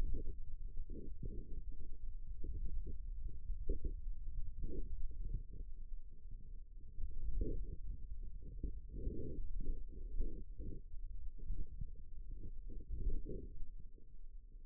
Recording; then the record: forearm muscle sounds (acoustic myography)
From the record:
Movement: finger pinch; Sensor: system 2, bracelet of six BSWA MPA416 microphones around the upper forearm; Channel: 4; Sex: male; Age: 22 years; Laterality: right